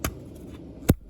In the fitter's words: And you'll hear it clicks a few times, right?